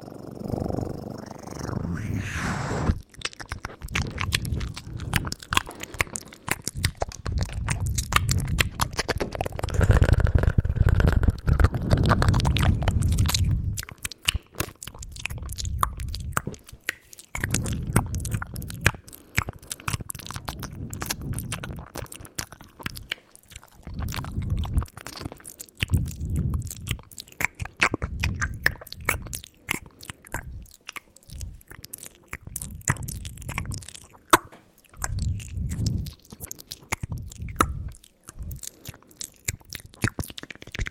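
Wet and dry mouth sounds with dense clicks, smacks and crunchy chewing-like bursts, loudest around ten to fourteen seconds, then choppier.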